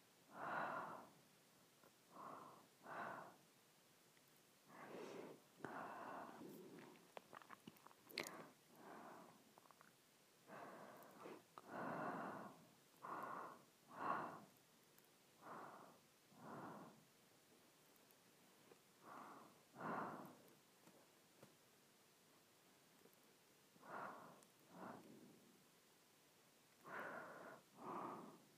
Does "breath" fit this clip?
yes